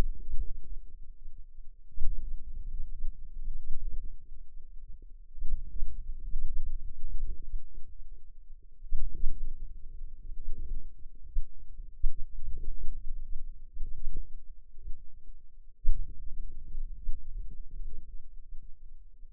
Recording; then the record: forearm muscle sounds (acoustic myography)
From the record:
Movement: outward rotation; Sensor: system 2, bracelet of six BSWA MPA416 microphones around the upper forearm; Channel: 1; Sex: female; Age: 21 years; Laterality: right